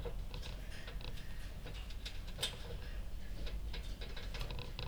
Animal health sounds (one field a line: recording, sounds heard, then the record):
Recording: poultry house recording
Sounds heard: no chicken sound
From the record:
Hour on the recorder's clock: 2